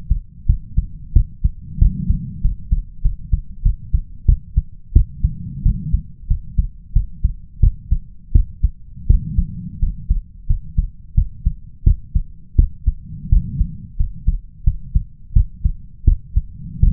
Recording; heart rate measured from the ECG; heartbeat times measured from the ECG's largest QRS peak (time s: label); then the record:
heart sounds by stethoscope; 88 bpm
0.46 s: heartbeat
1.13 s: heartbeat
1.78 s: heartbeat
2.41 s: heartbeat
3.02 s: heartbeat
3.62 s: heartbeat
4.25 s: heartbeat
4.93 s: heartbeat
5.63 s: heartbeat
6.27 s: heartbeat
6.93 s: heartbeat
7.60 s: heartbeat
8.32 s: heartbeat
9.07 s: heartbeat
9.79 s: heartbeat
10.47 s: heartbeat
11.14 s: heartbeat
11.83 s: heartbeat
12.56 s: heartbeat
13.29 s: heartbeat
13.96 s: heartbeat
14.64 s: heartbeat
15.33 s: heartbeat
16.04 s: heartbeat
16.80 s: heartbeat
From the record:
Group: healthy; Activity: rest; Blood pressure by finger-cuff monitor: 131/93 mmHg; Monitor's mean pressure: 104 mmHg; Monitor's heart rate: 90 bpm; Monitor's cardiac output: 6.2 L/min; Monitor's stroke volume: 71 mL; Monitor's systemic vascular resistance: 1260 dyn s/cm5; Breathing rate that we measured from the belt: 16 breaths a minute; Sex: male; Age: 21 years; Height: 180 cm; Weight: 67.5 kg